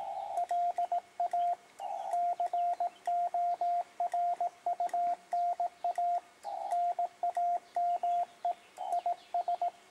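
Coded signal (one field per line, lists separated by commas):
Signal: Morse code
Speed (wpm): 18 wpm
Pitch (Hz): 700 Hz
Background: radio noise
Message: LA CORUNA NAME IS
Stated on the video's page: CW QSO on a Yaesu FT-897D running internal batteries with a solar panel, 2.4 m Clansman military whip antenna.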